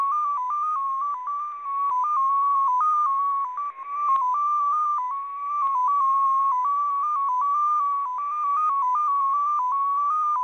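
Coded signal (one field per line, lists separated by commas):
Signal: multi-tone FSK (Olivia or MFSK type)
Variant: XPA2, 14-tone MFSK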